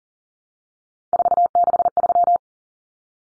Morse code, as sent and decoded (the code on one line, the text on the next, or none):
....- -.... ...--
463